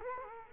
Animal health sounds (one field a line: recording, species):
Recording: mosquito wingbeat signal from an infrared sensor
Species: Culex quinquefasciatus